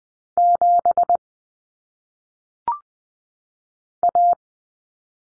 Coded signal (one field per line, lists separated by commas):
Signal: Morse code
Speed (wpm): 20 wpm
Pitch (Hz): 700 Hz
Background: none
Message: 7 A